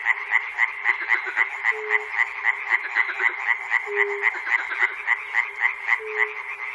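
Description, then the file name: Frogs calling in a dense chorus, rapid pulsed croaks repeating several times a second, with a brief low tone every couple of seconds. Recorded at Chernobyl. "peter cusack-chernobyl frogs"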